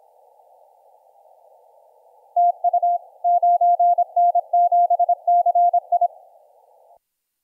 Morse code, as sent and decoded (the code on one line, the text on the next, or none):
- ..- / ----. -. --... -.-. ..
TU 9N7CI